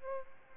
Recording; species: mosquito wingbeat signal from an infrared sensor; Aedes albopictus